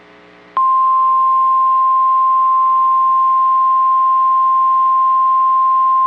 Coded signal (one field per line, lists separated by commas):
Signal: Emergency Alert System (SAME) tones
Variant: 1050 Hz attention tone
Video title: EAS Alerts from 3/4/2025 (Severe Thunderstorms, Tornadoes and a High Wind Warning!)